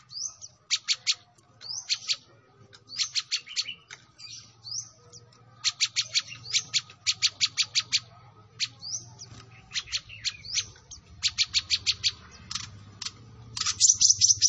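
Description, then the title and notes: Sunbird song: bursts of fast, high ticking chirps in quick runs, broken by short gaps and occasional upslurred whistles, over a low background rumble. Kolibri ninja bird singing actively, with full fills and showy bursts, used as a lure for other birds. "MASTERAN KOLIBRI NINJA FULL ISIAN DAN TEMBAKAN MEWAH COCOK BUAT PANCINGAN. Suara Burung Kolibri Ninja Gacor"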